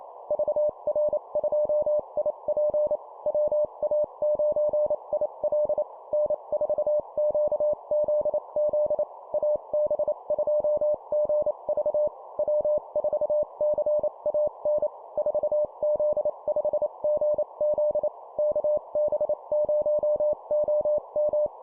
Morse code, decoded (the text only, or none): VR2IP WA9IL N4QZZ AB2GV W4CAN 4Z5GZ KB0OM